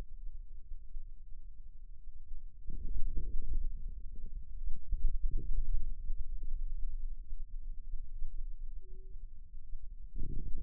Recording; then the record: forearm muscle sounds (acoustic myography)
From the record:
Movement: radial deviation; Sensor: system 2, bracelet of six BSWA MPA416 microphones around the upper forearm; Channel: 5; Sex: male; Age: 22 years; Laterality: right